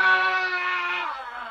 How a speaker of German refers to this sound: Ein Schrei. Hört sich aber gar nicht gut an, Professor.